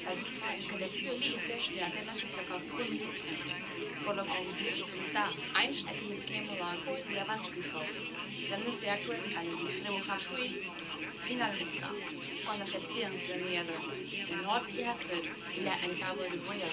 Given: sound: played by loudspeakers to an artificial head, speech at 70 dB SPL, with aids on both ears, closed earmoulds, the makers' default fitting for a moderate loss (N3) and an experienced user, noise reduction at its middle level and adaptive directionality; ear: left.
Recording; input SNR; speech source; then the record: speech test signal (ISTS) in cocktail-party noise; 0 dB; on the right (90 degrees)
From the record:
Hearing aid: class 2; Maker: E